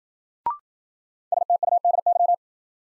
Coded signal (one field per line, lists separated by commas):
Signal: Morse code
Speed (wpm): 53 wpm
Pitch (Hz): 700 Hz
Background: none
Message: STUDY